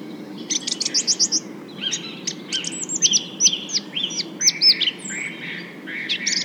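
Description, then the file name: Common nightingale song: a burst of rapid repeated high notes, then varied phrases of sharp down-slurred whistles and rich trills, delivered in quick succession with short pauses. More than one nightingale. "rossignols"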